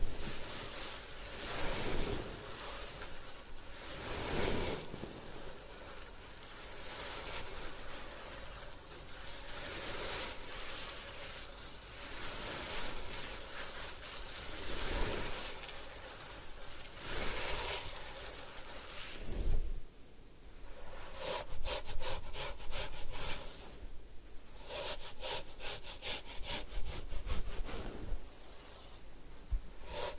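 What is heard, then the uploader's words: Hair washing and scalp massage fill the recording with a steady, dense rubbing and scratching that swells and eases in broad strokes. Brighter bursts of scrubbing come every few seconds, and after the twentieth second quicker, crisp rhythmic strokes take over. Head Spa Hair Wash, Massage, Ear Cleaning.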